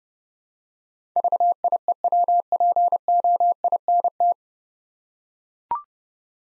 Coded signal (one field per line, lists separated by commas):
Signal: Morse code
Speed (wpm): 31 wpm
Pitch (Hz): 700 Hz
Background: none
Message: VIEWPOINT